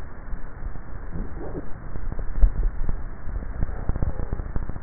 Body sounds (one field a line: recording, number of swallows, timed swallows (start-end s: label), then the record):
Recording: swallowing sounds by neck microphone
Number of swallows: 1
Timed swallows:
1.92-3.85 s: swallow
From the record:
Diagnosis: dysphagia